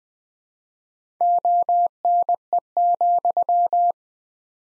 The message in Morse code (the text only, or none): ONE,